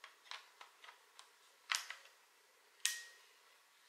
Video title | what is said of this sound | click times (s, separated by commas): Canon EOS M50 Unboxing, Set-up, and Footage - Jaliyah Films | you twist it until it clicks, and then you're gonna pull | 2.9 s